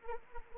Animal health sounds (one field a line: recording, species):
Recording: mosquito wingbeat signal from an infrared sensor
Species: Anopheles arabiensis